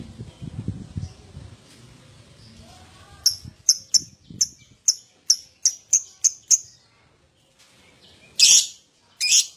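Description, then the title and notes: Lovebird giving a quick series of thin, clipped high chirps, then two louder raspy screeches after a short gap; soft low rustle at the start. Adult lovebird in full, vigorous song (gacor), song style described as "owor owor". "LOVEBIRD GACOR OWOR OWOR. Lovebird Dewasa"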